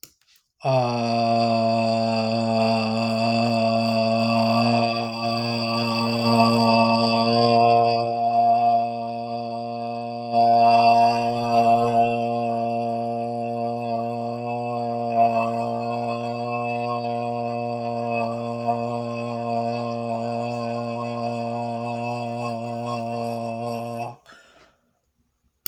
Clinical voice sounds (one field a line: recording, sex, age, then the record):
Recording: vowel held as long as possible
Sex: male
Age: 30 to 39 years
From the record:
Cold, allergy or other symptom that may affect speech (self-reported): no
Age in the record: 37 years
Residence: Tennessee, United States